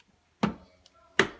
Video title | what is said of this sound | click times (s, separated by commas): MY FIRST PC BUILD!!! Pc build guide- Ryzen 5 3600- Sapphire Nitro+ RX 5700xt- $1200 Gaming PC Build | in on both sides make sure it clicks all right mine clicked one | 0.4 s, 1.2 s